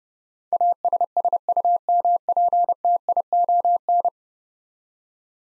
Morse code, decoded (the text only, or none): ASSUMPTION